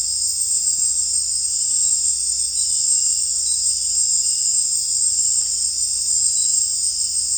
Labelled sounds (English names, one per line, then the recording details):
none
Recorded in dense forest near Puerto Asís, Putumayo, Colombia, on 16 December 2024 at 18:30
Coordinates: 0.466, -76.327
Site G075